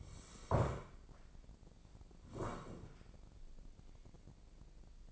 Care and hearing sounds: daily activity, microphone in the room; sit down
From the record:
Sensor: 5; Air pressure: 1012.4 hPa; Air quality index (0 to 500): 149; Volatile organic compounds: 2 ppm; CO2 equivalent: 1026 ppm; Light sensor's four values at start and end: 276/661/282/312 and 277/661/283/312

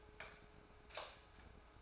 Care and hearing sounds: daily activity, microphone in the room; light off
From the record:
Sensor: 2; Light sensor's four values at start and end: 44/108/48/54 and 42/100/45/51

